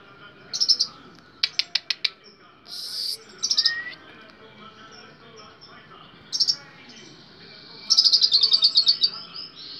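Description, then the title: Small bird chirping: bursts of high sharp notes, a quick series of clicks, then a fast buzzy trill near the end. "Burung Kecil"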